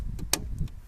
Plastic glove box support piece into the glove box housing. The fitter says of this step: like this until you hear the click and now when you open the glove box it's supported here